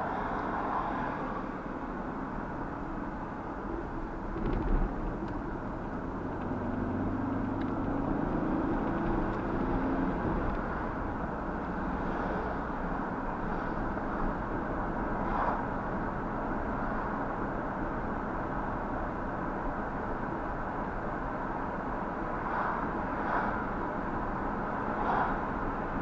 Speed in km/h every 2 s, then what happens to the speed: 32, 39, 39, 45, 53, 56, 58, 58, 60, 58, 58, 58, 60.
0-2 speeds up to 39. 5-9 speeds up to 56. 9-26 steady at about 58.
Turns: none.